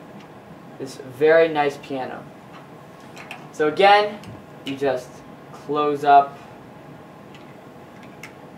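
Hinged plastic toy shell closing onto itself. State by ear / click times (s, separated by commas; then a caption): not seated / none. Someone talks while a hinged plastic toy shell is handled and closed up onto itself, with faint handling ticks near 3.3 s and 8.2 s. The clip ends before the shell latches; nothing has seated or clicked yet.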